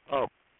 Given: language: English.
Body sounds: throat vibration sensor signal played as sound; speech

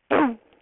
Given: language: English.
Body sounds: throat vibration sensor signal played as sound; throat clearing

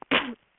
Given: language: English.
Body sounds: throat vibration sensor signal played as sound; cough

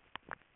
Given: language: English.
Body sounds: throat vibration sensor signal played as sound; swallow

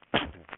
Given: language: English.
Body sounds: throat vibration sensor signal played as sound; cough

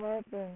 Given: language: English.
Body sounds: throat vibration sensor signal played as sound; speech

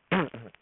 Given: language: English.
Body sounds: throat vibration sensor signal played as sound; throat clearing

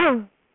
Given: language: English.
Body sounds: throat vibration sensor signal played as sound; throat clearing

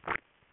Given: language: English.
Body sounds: throat vibration sensor signal played as sound; swallow

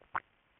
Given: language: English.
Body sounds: throat vibration sensor signal played as sound; swallow

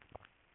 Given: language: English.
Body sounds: throat vibration sensor signal played as sound; swallow

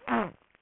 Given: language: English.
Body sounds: throat vibration sensor signal played as sound; throat clearing

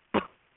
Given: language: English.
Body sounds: throat vibration sensor signal played as sound; cough

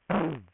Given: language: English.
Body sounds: throat vibration sensor signal played as sound; throat clearing

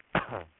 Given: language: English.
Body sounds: throat vibration sensor signal played as sound; cough

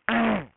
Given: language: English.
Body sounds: throat vibration sensor signal played as sound; throat clearing

